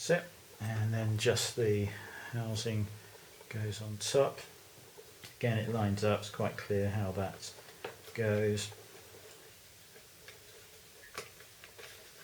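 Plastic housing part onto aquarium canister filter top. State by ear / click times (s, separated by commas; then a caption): seated / 11.2 s, 11.6 s. Someone talks while lining up a plastic housing part of the top assembly of a Fluval G6/G3 aquarium canister filter and pressing it on. After the talking stops, two short clicks are heard at 11.2 s and 11.6 s as the part clicks into place and seats.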